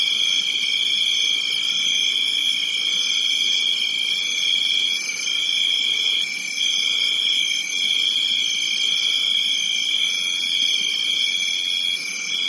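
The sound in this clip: Cricket trilling continuously in several high, shrill layers, one band pulsing in brief swells throughout, with no other clear sounds.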